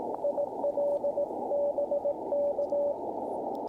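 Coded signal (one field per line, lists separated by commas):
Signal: Morse code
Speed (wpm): 21 wpm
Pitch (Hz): 580 Hz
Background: none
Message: IL BK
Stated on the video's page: Parks on the Air CW activation with an Elecraft KX2, DIY linked dipole and Modern Morse key, under poor band conditions; includes a 25 wpm segment.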